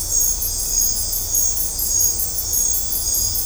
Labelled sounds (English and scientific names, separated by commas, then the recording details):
none
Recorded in dense forest near Puerto Asís, Putumayo, Colombia, on 18 December 2024 at 20:30
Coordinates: 0.503, -76.323
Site G043